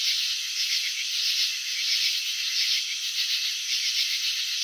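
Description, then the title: Cricket chirping as a rapid, rasping high-pitched pulsing buzz with slight waves of loudness. Crickets chirping, filmed in slow motion; wing vibrations and antenna movements shown. "Crickets in Slow Motion. Capturing the Elegance of Chirping"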